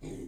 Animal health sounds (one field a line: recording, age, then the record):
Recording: pig call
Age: weaner (32 to 43 days)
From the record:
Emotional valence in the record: negative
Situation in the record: long isolation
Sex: female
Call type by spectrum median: low-frequency call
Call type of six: low-frequency stable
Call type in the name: low-frequency stable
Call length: 0.28 s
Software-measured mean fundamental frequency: 51 Hz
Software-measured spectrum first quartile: 195 Hz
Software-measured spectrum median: 337 Hz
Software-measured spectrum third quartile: 757 Hz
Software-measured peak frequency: 381 Hz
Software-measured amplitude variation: 118 dB a second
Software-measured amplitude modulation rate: 23.0 a second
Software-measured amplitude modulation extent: 5.1 dB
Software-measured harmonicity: 3.1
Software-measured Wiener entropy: -1.00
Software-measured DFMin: 1169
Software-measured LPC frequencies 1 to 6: 348, 2184, 3571, 3807, 4919, 6745 Hz